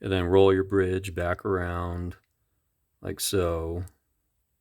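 Someone talks while the metal spring bridge inside a vintage Penn 49 Super Mariner deep sea fishing reel is rolled back around toward its position in the reel sideplate. Only speech is heard, with a short pause and silence at the end. The bridge has not seated or clicked into place yet.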